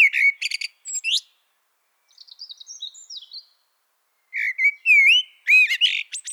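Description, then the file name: Eurasian blackbird song: repeated fluted warbles broken by high scratchy twittering, with sliding whistles and squeaky flourishes near the end. "Turdus merula"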